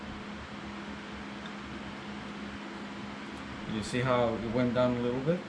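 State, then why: Not seated. The metal water pump housing on a Yamaha F-90 outboard lower unit is lifted slightly and rotated to line it up with the drive shaft; it is not all the way in but drops down a little. A steady low hum fills the first few seconds, then someone talks from about 3.7 s. Nothing has seated or clicked yet.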